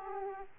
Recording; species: mosquito wingbeat signal from an infrared sensor; Aedes aegypti